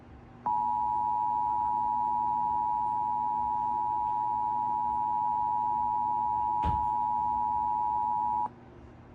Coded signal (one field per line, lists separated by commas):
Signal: Emergency Alert System (SAME) tones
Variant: 853 and 960 Hz attention tone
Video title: Texas Amber Alert EAS #3 on KDSX LPAM&FM